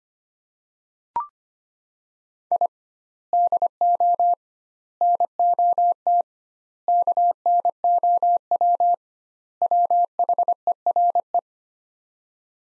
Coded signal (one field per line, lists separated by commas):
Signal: Morse code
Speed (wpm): 25 wpm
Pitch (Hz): 700 Hz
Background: none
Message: I DO NOT KNOW WHERE